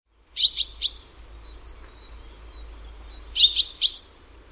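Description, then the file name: Common chaffinch calls: three sharp, high notes followed by a thin high whistle, then the same group again about three seconds later, with a low rumble beneath. "Fringilla coelebs"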